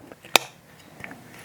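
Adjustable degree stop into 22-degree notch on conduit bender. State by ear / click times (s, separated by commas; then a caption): seated / 0.4 s. An adjustable degree stop on a conduit bender for EMT is pushed into its 22-degree notch on a second try, after it failed to snap in before. A sharp click at 0.4 s shows it seating, with a few faint ticks before and after. The stop is confirmed in place this time.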